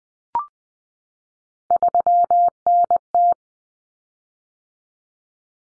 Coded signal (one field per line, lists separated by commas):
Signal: Morse code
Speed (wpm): 20 wpm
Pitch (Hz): 700 Hz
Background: none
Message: 3NT